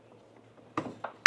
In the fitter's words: ये लॉक हो गई